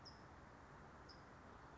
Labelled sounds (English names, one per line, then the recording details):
California Towhee
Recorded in Sonoma County, California